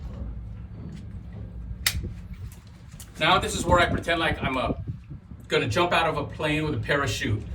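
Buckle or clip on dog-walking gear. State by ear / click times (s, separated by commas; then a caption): seated / 1.9 s. A buckle or clip on dog-walking gear, on the leash or waist belt, is clicked shut, giving a single sharp, loud click at 1.9 s against a quiet background, followed by a few faint ticks. Someone then talks, and the buckle is seated.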